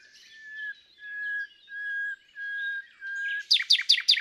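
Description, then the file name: Common nightingale song: a series of long, pure, level whistles at a steady pitch, followed by a quick burst of loud sharp repeated notes. "Luscinia megarhynchos"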